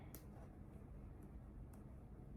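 A plastic zip tie tail is threaded through its own ratchet head and pulled to fasten a bow to a wreath swag. A sharp click sounds at 0.2 s as the ratchet catches, with fainter ticks later over a low steady background. The tie grabs and holds.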